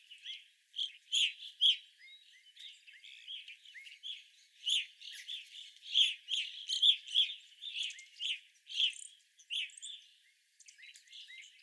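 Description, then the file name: Evening grosbeak calls, busy chorus of clipped chirps from a flock, louder in the middle and tapering off near the end. Evening grosbeaks, several birds, recorded 25 April 2021. "2021-04-25 Evening Grosbeaks"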